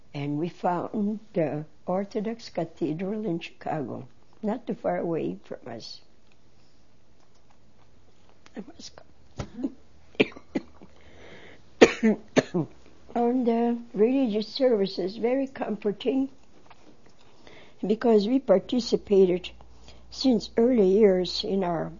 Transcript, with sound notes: And we found an orthodox cathedral in Chicago, not too far away from us. (She coughs.) And, uh, religious service was very comforting, because we participated since early years in our